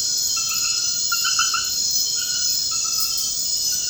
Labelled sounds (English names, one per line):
none